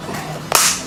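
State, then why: Seated. The last plastic trim piece is pressed onto the trim surround of a Brainiac MK1 WRX/STI car interior trim, giving a single sharp, bright snap at 0.6 s over a quiet, steady background. The piece is seated, and the trim is now all snapped in place.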